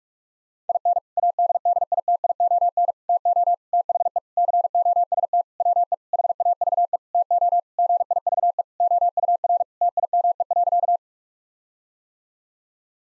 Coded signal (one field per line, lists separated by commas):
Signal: Morse code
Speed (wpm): 41 wpm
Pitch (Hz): 700 Hz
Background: none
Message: IN ADDITION TO THE COST WE HAVE TO GIVE OUR TIME.